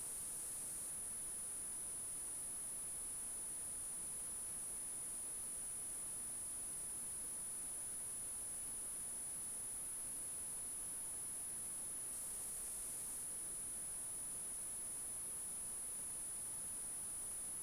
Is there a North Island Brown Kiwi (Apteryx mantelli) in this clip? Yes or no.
no